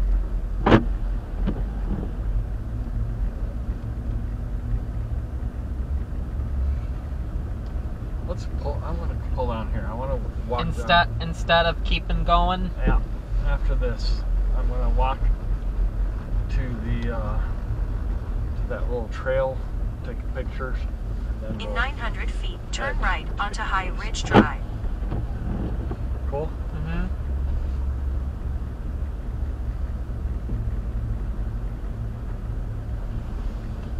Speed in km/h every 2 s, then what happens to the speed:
16, 19, 21, 21, 23, 19, 16, 15, 18, 21, 19, 16, 16, 19, 21, 19, 19.
0-7 speeds up to 23. 7-13 slows to 15. 13-34 steady at about 19.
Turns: 11-15, 17-19.